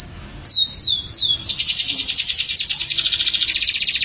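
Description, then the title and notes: Canary song opening with three swooping high whistles, then breaking into a long, rapid, rolling buzzy trill to the end. "Suara Burung Kenari"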